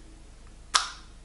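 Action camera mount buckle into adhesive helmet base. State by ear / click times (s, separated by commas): seated / 0.8 s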